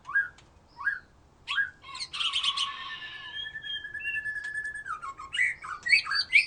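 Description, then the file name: White-rumped shama giving three short upslurred notes, then a dense, buzzy rattle that fades into a long steady whistle and ends with bright rising phrases. "murai batu"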